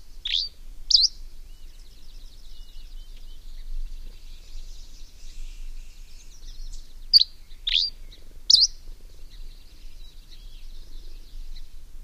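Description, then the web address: Dusky Flycatcher producing a pair of sharp high notes at the opening and a group of three after seven seconds, with a soft shimmering background filling the gaps. "Songs of Birds of North America Know Your Bird Sounds Common Western Species. Dusky Flycatcher"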